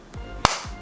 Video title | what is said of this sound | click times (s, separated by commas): Beats Fit Pro Unboxing and First Impressions | and again there is a nice little click | 0.4 s